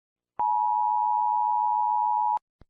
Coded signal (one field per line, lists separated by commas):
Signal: Emergency Alert System (SAME) tones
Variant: 853 and 960 Hz attention tone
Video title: Barney Error: EAS Edition